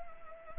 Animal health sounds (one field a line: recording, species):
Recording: mosquito wingbeat signal from an infrared sensor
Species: Anopheles arabiensis